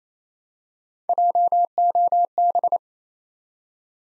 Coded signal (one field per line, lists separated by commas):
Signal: Morse code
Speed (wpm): 27 wpm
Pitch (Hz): 700 Hz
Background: none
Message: JOB